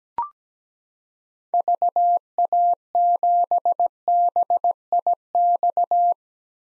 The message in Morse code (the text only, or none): VA7BIX